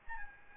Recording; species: mosquito wingbeat signal from an infrared sensor; Aedes albopictus